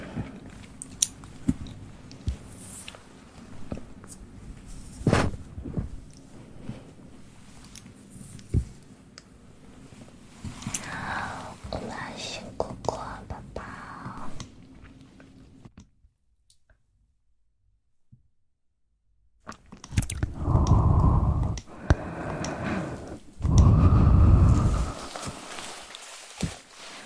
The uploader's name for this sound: mouth sounds + mic pumping, swirling, tapping, and gripping